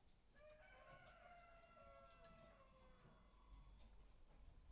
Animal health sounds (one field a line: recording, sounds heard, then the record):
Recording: poultry house recording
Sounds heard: healthy chickens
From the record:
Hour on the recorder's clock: 18